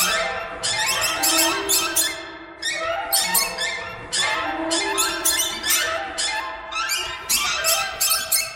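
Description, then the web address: Birds uttering repeated clusters of shrill, harmonic squawks and chirps, many calls overlapping in waves with brief lulls between them. "soundfactory birds"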